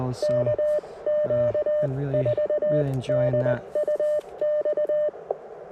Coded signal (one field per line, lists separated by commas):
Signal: Morse code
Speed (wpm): 20 wpm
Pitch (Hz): 600 Hz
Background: speech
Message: KQ4DUX